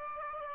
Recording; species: mosquito wingbeat signal from an infrared sensor; Aedes aegypti